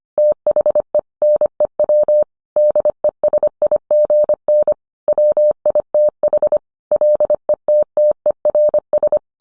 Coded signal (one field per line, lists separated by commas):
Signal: Morse code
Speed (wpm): 25 wpm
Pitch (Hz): 600 Hz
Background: none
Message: THE NEW DESIGN WITH LETTERS